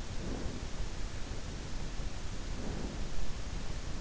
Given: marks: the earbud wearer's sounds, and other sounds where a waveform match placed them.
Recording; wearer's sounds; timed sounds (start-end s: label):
sounds in sleep by an in-ear microphone; breath
0.15-0.67 s: breath
2.52-3.17 s: breath